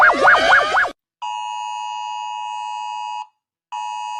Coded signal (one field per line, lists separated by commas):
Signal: Emergency Alert System (SAME) tones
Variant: 853 and 960 Hz attention tone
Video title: Rating EAS Alarms (Remake)